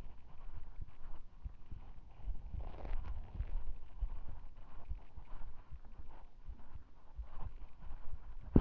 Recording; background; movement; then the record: deep breathing; quiet; walking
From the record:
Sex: male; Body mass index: 20.5 kg/m2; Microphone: on the chest, facing the body